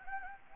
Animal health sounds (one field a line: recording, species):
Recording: mosquito wingbeat signal from an infrared sensor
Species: Anopheles gambiae